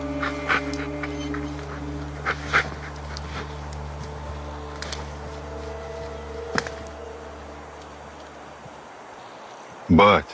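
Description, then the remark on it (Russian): A worn-out tracking dog whimpers in a few short, faint whines and breathy pants, spaced apart over a steady low droning hum, with a sharper burst right at the end. “Собаку уморил.”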